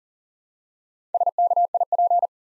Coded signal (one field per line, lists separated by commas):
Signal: Morse code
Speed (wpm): 40 wpm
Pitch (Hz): 700 Hz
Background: none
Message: SKIP